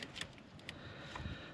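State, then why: Seated. The black connector of an Edge EZX 3.0 tuner wiring harness is pushed onto the factory engine wiring connector of a Duramax LZ0 truck. Short plastic ticks and rustling are heard before it clicks into place at 0.7 s, and the connector is seated, after which the lock is slid in.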